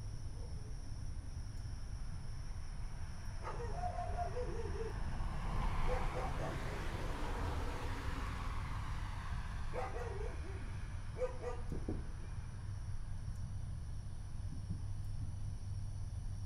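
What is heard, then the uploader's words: A steady low rumble of traffic fills the background while a dog barks in short bursts around four, ten and twelve seconds, over faint high insect whine. Neighborhood Fireworks.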